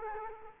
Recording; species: mosquito wingbeat signal from an infrared sensor; Culex quinquefasciatus